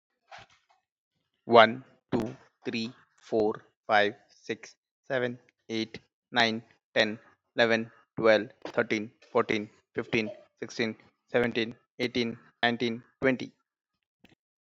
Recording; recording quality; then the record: counting at a normal pace; excellent, no background noise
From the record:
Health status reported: healthy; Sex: male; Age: 38 years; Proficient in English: yes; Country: India